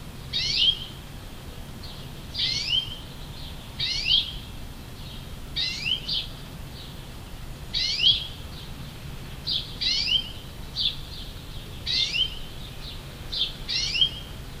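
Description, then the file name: European greenfinch repeating buzzy, descending call notes about every one and a half to two seconds, interspersed with quieter short chips, steady throughout. "Chloris chloris"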